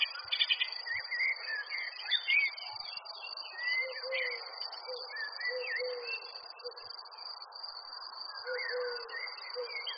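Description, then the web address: Birds in a garden, giving scattered chirps and short whistled phrases. Summer garden ambience. "A Son and Heir Media Sounds Amb Bird sounds summer garden"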